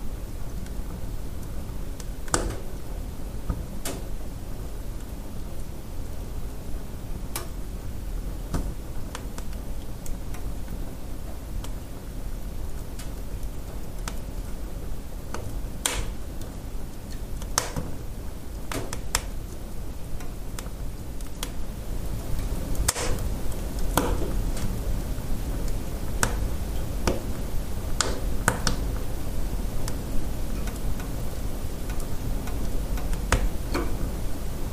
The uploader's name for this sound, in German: Die Magie des Kaminofens